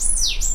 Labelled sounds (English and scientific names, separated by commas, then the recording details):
Stitchbird (Notiomystis cincta) song
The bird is a male
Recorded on Tiritiri Matangi Island, New Zealand, in 2005
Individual 2, of nest box 2